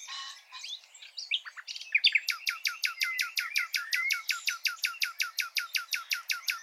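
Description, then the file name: Common nightingale song: a jumble of varied notes, then a long steady series of loud repeated chirps. "Luscinia megarhynchos"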